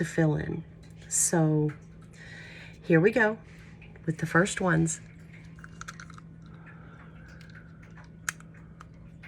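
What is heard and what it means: Someone talks over a low steady hum while handling a removable plastic dental veneer to fit over the teeth, followed by faint small ticks around 5.6–6.0 seconds and a single sharp tick at 8.3 seconds. The veneer has not seated or snapped onto the teeth yet.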